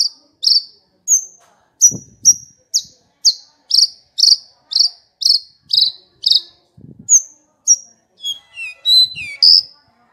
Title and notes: Kicau Burung Branjangan